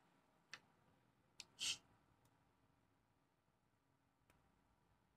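A metal clasp on a 3 mm jewelry chain from Shop GLD is closed onto its end link, giving sharp snaps at 0.5 s and 1.4 s. A brief, louder hissy burst follows near 1.7 s, and a faint tick comes around 4.3 s. The clasp snaps shut and locks securely.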